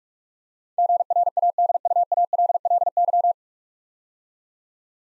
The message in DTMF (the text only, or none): none